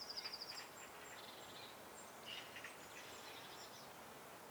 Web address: SETE data Cyanistes caeruleus